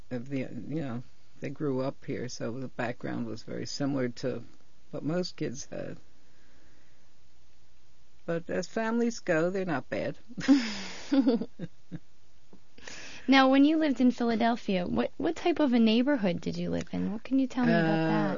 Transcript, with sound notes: you know, they grew up here, so the background was very similar to what most kids had. But as families go, they're not bad. ( they laugh )
Now, when you lived in Philadelphia, what type of a neighborhood did you live in? What can you tell me about that?